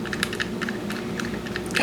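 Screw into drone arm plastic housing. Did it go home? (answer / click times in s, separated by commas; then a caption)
no / none. A screw is turned counterclockwise in the plastic arm housing of an Autel EVO 2 drone during a rear right arm replacement, to line up the threads before driving it in. Light scratchy ticks and a few brief sharp taps sound over a steady low hum. Nothing has clicked yet; the thread alignment gives no audible click, unlike the earlier screws.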